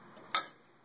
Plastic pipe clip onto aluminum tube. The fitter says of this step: they're really rigid and they snap on can you hear that sound i'll hear it snap see